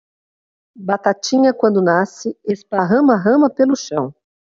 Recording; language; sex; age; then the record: short text; Brazilian Portuguese; female; 50 to 59 years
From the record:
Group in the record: control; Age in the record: 54 years